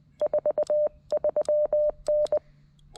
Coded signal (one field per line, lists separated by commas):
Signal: Morse code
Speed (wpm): 20 wpm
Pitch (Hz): 590 Hz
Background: none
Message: 43N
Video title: Is this radio even worth buying for CW? It wasn't....until yesterday! CW POTA at K-5221